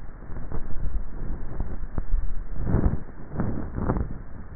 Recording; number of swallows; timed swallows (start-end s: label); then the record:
swallowing sounds by neck microphone; 2
0.65-1.48 s: swallow
2.05-2.65 s: swallow
From the record:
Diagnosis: dysphagia